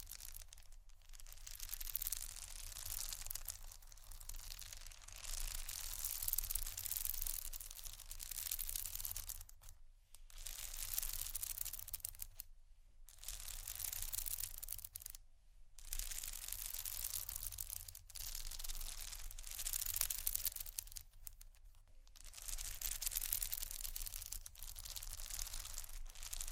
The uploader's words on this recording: ASMR Tappingscratching Galore 4 Bags (No Talking).